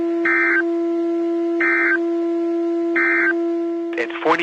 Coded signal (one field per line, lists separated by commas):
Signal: Emergency Alert System (SAME) tones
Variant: end-of-message bursts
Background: speech